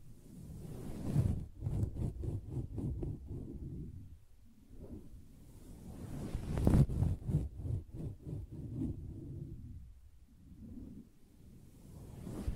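Soft taps and scratches on a fabric surface come in quick, muffled bursts, mostly low and dull with occasional brighter crisp edges. Activity clusters around 1–3 seconds and again from 6–9 seconds, thinning into quieter rubbing between, with a strong thump near 7 seconds.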